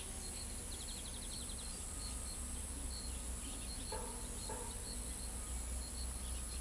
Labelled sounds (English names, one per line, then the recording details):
Scrub Greenlet
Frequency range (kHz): Scrub Greenlet 3.0-4.6 kHz
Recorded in pastures near Pivijay, Magdalena, Colombia, on 3 June 2023 at 08:00
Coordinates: 10.456, -74.369
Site P6-G026